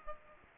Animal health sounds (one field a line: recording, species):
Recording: mosquito wingbeat signal from an infrared sensor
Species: Aedes aegypti